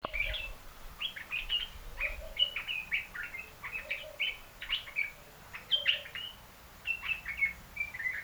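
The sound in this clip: African red-eyed bulbul calls, a busy run of short liquid chirping notes with quick rising and falling twists, continuing almost without pause throughout.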